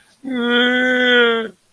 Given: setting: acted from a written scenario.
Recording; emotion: vocal sound without words; sadness